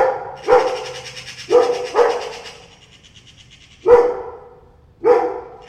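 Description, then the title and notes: Dog gives five short barks at uneven intervals. Dog reacting with concern to two cats meowing at each other. "2 cats, 2 magpies and a dog. Two cats meowing each other and two magpies and a dog concern about them"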